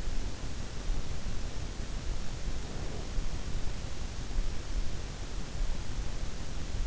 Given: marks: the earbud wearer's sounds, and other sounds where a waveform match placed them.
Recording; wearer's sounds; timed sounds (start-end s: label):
sounds in sleep by an in-ear microphone; breath
2.36-3.26 s: breath